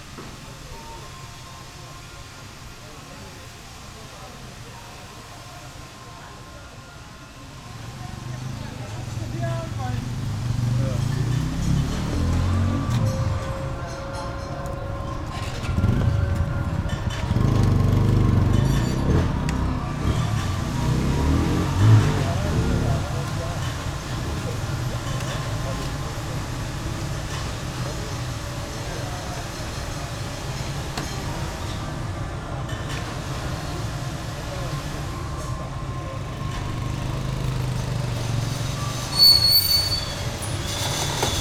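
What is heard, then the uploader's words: A city gate soundscape dominated by a deep, steady rumble of traffic that swells after about eight seconds and stays dense for the rest of the clip. Engine hum and passing vehicles blend with faint voices, and a brief high whine appears near the end. Soundscapes of gates of Tehran. Sound artist: Vedad Famourzadeh. So, I decided to field record the Soundscapes of the non-places, of locations of the non-existing gates.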